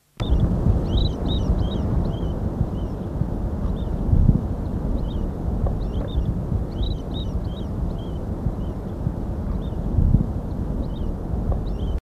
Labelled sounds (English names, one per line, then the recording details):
Asian Green Bee-eater call
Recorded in captivity
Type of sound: call
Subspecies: cyanophrys
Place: IL
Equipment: Halbspur, 9,5 cm/s
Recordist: Lütgens, Hans
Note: Rufe